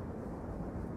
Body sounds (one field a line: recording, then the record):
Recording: background sound without coughing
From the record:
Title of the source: Train Ride Ambience ambient white noise for sleeping, focus, studying, reading